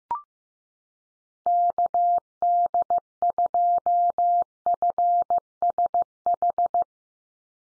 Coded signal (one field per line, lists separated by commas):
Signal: Morse code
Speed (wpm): 15 wpm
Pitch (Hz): 700 Hz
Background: none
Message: KD2FSH